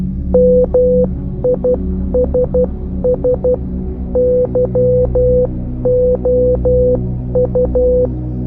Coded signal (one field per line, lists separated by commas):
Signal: Morse code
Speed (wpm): 12 wpm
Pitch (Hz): 500 Hz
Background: music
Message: MISS YOU